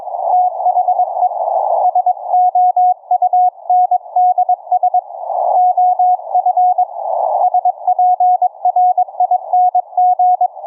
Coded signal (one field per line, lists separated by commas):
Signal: Morse code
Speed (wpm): 22 wpm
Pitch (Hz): 730 Hz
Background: none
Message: THE SOUNDS OF SPRING